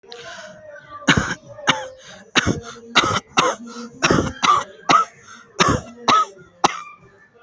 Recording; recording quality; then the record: heavy voluntary cough; excellent, no background noise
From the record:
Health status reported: healthy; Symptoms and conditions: none ticked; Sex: male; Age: 26 years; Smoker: not ticked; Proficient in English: yes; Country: India